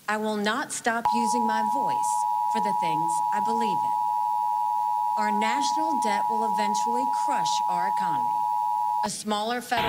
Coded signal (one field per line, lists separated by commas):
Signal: Emergency Alert System (SAME) tones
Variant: 853 and 960 Hz attention tone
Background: speech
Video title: Iowa Required Monthly Test (March 6, 2024)